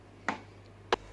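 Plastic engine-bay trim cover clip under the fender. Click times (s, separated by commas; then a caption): 0.3 s, 0.9 s. On a Chrysler 300M, being taken apart to replace the master cylinder and brake booster, the passenger-side plastic engine-bay trim cover is lifted at an angle to free its clip hooked under the fender. Two sharp plastic clicks sound at 0.3 s and 0.9 s as the clip releases and the cover unhooks, over a low steady hum.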